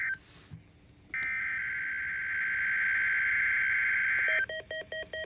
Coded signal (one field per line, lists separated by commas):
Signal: Emergency Alert System (SAME) tones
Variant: header bursts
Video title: Required Weekly Test [EAS #1326] (9/18/2019)